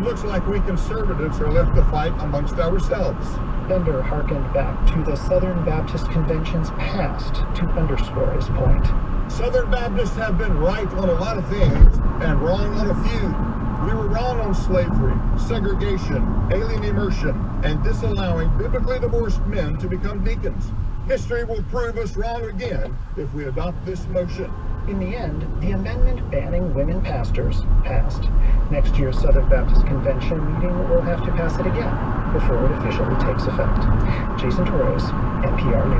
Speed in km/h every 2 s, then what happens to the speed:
56, 56, 56, 56, 53, 52, 48, 42, 42, 32, 18, 11, 18, 29, 39, 48, 56, 63.
0-5 steady at about 56. 5-21 slows to 11. 23-36 speeds up to 63.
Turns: none.